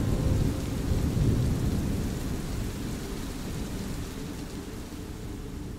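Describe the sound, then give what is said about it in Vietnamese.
Deep, continuous thunder rumbles through a storm, with a steady wash of rain and wind hiss over it, loudest at the start and slowly easing off. “Vài phút sau, những âm thanh kỳ lạ đều biến mất đi, chỉ còn tiếng gió rít hòa ca cùng tiếng sấm đì đùng trên không trung.”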